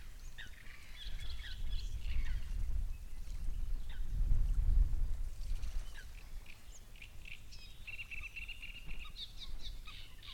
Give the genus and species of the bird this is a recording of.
Acrocephalus arundinaceus